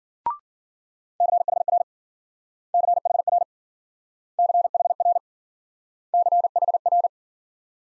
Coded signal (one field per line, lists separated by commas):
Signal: Morse code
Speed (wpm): 50 wpm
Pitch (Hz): 700 Hz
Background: none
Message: CHR CHR CHR CHR